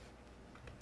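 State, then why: Not seated. A 24-pin ATX power connector, its clips oriented toward the outside edge of the board, is handled at a plastic motherboard header. Two short, quiet handling ticks sound at 0.6 s and 0.7 s. Nothing has seated or clicked yet.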